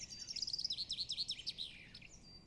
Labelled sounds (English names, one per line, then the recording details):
Eurasian Blackcap
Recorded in Germany
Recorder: ecoPi